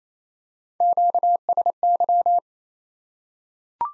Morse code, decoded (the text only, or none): QSY